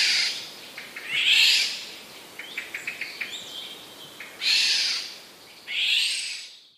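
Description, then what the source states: Eurasian jay giving harsh, rasping screeches, four broad noisy bursts, with a quick series of short clicking notes between them. Warning call heard by sparrows; recorded 6 July 2014.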